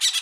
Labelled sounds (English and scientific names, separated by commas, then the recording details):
Brown-throated Parakeet (Eupsittula pertinax) contact call
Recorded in Bonaire
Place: just S of turnoff to Cai, near Lac Bay
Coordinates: 12.126, -68.239